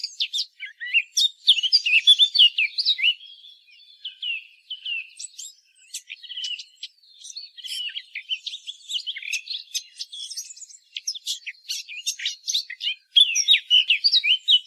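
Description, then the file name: Eurasian blackcap singing in bursts of fast warbled phrases, with brief pauses between bouts. "Sylvia atricapilla"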